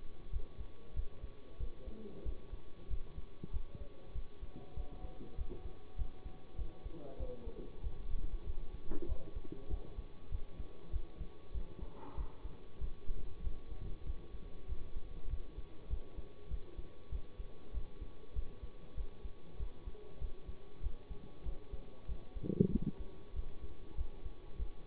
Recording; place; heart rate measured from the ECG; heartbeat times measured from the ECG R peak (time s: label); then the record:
heart sounds by stethoscope; between the tricuspid and mitral areas; 96 bpm
0.30 s: heartbeat
0.94 s: heartbeat
1.57 s: heartbeat
2.23 s: heartbeat
2.88 s: heartbeat
3.51 s: heartbeat
4.12 s: heartbeat
4.74 s: heartbeat
5.35 s: heartbeat
5.96 s: heartbeat
6.56 s: heartbeat
7.17 s: heartbeat
7.81 s: heartbeat
8.44 s: heartbeat
9.06 s: heartbeat
9.68 s: heartbeat
10.29 s: heartbeat
10.91 s: heartbeat
11.52 s: heartbeat
12.15 s: heartbeat
12.79 s: heartbeat
13.41 s: heartbeat
14.04 s: heartbeat
14.67 s: heartbeat
15.28 s: heartbeat
15.88 s: heartbeat
16.48 s: heartbeat
17.10 s: heartbeat
17.72 s: heartbeat
18.33 s: heartbeat
18.95 s: heartbeat
19.57 s: heartbeat
20.19 s: heartbeat
20.81 s: heartbeat
21.43 s: heartbeat
22.06 s: heartbeat
22.70 s: heartbeat
23.33 s: heartbeat
23.95 s: heartbeat
24.56 s: heartbeat
From the record:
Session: bicycle stress test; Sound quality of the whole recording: good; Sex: male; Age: 24 years